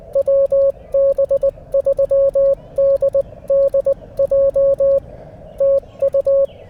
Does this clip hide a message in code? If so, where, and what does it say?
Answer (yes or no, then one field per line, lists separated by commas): yes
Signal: Morse code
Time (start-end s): 0.2-6.5 s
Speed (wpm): 20 wpm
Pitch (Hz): 550 Hz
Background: none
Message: WB3DDJ TU